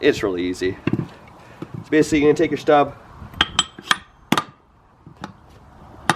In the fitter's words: it's not clicking in what